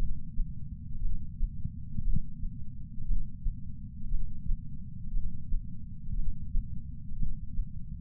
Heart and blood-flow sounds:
heart sounds by patch sensor on the chest; 58 bpm
1.01 s: heartbeat
2.03 s: heartbeat
3.07 s: heartbeat
4.10 s: heartbeat
5.13 s: heartbeat
6.15 s: heartbeat
7.18 s: heartbeat
From the record:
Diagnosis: coronary artery disease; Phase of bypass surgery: intraoperative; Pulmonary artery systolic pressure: 38 mmHg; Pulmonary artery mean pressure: 23 mmHg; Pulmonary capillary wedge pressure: 11 mmHg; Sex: male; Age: 74 years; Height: 175 cm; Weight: 66 kg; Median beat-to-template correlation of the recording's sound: 0.93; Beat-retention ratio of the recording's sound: 0.98

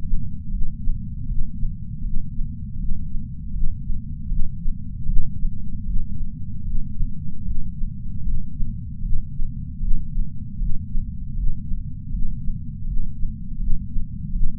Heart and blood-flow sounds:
heart sounds by patch sensor on the chest; 78 bpm
0.50 s: heartbeat
1.27 s: heartbeat
2.03 s: heartbeat
2.78 s: heartbeat
3.53 s: heartbeat
4.28 s: heartbeat
5.06 s: heartbeat
5.85 s: heartbeat
6.64 s: heartbeat
7.44 s: heartbeat
8.23 s: heartbeat
9.02 s: heartbeat
9.80 s: heartbeat
10.58 s: heartbeat
11.35 s: heartbeat
12.11 s: heartbeat
12.85 s: heartbeat
13.59 s: heartbeat
14.32 s: heartbeat
From the record:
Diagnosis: coronary artery disease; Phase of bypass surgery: intraoperative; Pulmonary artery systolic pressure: 26 mmHg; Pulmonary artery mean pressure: 18 mmHg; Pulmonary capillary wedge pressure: 8 mmHg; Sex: female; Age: 52 years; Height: 163 cm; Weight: 80 kg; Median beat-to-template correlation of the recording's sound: 0.89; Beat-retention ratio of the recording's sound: 0.99

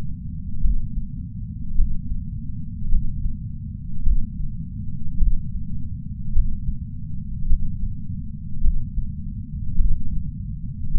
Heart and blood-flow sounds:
heart sounds by patch sensor on the chest; 52 bpm
0.60 s: heartbeat
1.74 s: heartbeat
2.88 s: heartbeat
4.02 s: heartbeat
5.17 s: heartbeat
6.30 s: heartbeat
7.45 s: heartbeat
8.60 s: heartbeat
9.75 s: heartbeat
10.90 s: heartbeat
From the record:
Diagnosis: coronary artery disease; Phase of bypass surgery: intraoperative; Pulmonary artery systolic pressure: 17 mmHg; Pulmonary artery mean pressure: 9 mmHg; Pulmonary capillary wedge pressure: 2 mmHg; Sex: male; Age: 71 years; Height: 162 cm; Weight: 75 kg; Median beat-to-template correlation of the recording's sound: 0.89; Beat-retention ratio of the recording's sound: 0.98

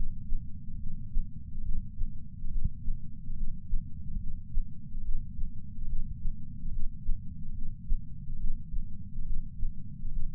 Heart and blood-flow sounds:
heart sounds by patch sensor on the chest; 71 bpm
0.76 s: heartbeat
1.60 s: heartbeat
2.47 s: heartbeat
3.33 s: heartbeat
4.16 s: heartbeat
5.00 s: heartbeat
5.84 s: heartbeat
6.68 s: heartbeat
7.51 s: heartbeat
8.35 s: heartbeat
9.22 s: heartbeat
10.08 s: heartbeat
From the record:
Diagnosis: coronary artery disease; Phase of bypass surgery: preoperative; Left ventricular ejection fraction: 53.1%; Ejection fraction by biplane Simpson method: 48.3%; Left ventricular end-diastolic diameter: 61 mm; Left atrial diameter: 40 mm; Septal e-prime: 7 cm/s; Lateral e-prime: 11.9 cm/s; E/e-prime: 9.8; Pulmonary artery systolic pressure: 34 mmHg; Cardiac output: 5.1 L/min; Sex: female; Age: 60 years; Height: 158 cm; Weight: 54 kg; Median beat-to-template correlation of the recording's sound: 0.90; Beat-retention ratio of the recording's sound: 1.00

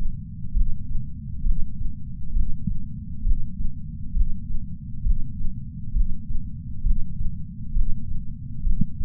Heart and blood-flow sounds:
heart sounds by patch sensor on the chest; 67 bpm
0.53 s: heartbeat
1.43 s: heartbeat
2.33 s: heartbeat
3.23 s: heartbeat
4.13 s: heartbeat
5.03 s: heartbeat
5.93 s: heartbeat
6.82 s: heartbeat
7.73 s: heartbeat
8.63 s: heartbeat
From the record:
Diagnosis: coronary artery disease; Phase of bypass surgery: intraoperative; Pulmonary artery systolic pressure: 24 mmHg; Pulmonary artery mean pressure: 16 mmHg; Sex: male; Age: 58 years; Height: 170 cm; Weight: 80 kg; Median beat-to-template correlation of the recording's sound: 0.91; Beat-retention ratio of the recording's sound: 0.99

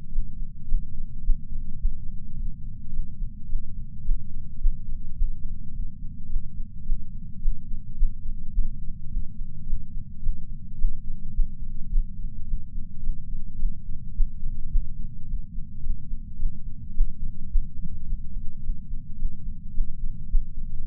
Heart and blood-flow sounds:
heart sounds by patch sensor on the chest; 107 bpm
0.10 s: heartbeat
0.66 s: heartbeat
1.22 s: heartbeat
1.79 s: heartbeat
2.36 s: heartbeat
2.91 s: heartbeat
3.47 s: heartbeat
4.03 s: heartbeat
4.59 s: heartbeat
5.15 s: heartbeat
5.72 s: heartbeat
6.28 s: heartbeat
6.84 s: heartbeat
7.40 s: heartbeat
7.96 s: heartbeat
8.52 s: heartbeat
9.09 s: heartbeat
9.65 s: heartbeat
10.21 s: heartbeat
10.77 s: heartbeat
11.33 s: heartbeat
11.89 s: heartbeat
12.46 s: heartbeat
13.01 s: heartbeat
13.57 s: heartbeat
14.13 s: heartbeat
14.69 s: heartbeat
15.26 s: heartbeat
15.81 s: heartbeat
16.37 s: heartbeat
16.93 s: heartbeat
17.49 s: heartbeat
18.06 s: heartbeat
18.61 s: heartbeat
19.17 s: heartbeat
19.72 s: heartbeat
20.28 s: heartbeat
20.84 s: heartbeat
From the record:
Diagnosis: coronary artery disease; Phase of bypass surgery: postoperative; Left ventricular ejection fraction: 54.7%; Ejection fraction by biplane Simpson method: 51.3%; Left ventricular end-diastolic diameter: 46 mm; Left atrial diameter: 45 mm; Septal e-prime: 5.3 cm/s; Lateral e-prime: 7.1 cm/s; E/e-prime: 10.6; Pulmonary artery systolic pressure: 26 mmHg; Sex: male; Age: 58 years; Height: 182 cm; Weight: 89 kg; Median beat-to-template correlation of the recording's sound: 0.72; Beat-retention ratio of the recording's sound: 0.99

